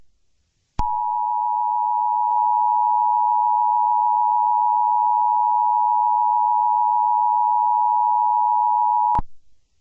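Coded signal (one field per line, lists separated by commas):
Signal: Emergency Alert System (SAME) tones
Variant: 853 and 960 Hz attention tone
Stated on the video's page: Fictional EAS scenario themed on My Little Pony.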